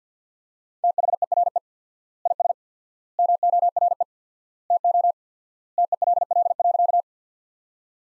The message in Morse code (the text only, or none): THERE IS MORE TO TELL.